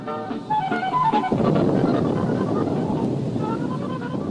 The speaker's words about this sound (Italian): Questo boato che sentite è il terremoto, è la sua voce.